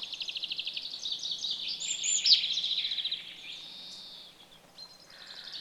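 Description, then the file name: Great tit calling with a fast run of sharp, evenly repeated notes that blur into a buzzy chatter, then fade to softer scattered notes. "Parus major call"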